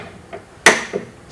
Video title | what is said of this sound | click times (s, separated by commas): My pusher is too big! | and it snaps right in my press now this is a horn day press | 0.7 s